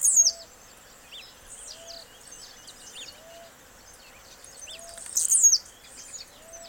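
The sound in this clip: Blue-black grassquit giving two short, shrill, buzzy bursts several seconds apart, with other birds chirping and a soft rising whistle repeating regularly in the background.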